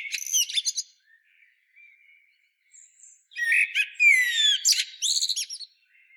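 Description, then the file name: Common blackbird: a short burst of high twitters, a few soft thin notes, then a longer phrase of whistled downslurs and shrill squeaky chatter. "Turdus merula"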